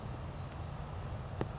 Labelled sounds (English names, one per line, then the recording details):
Oak Titmouse
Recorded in Sonoma County, California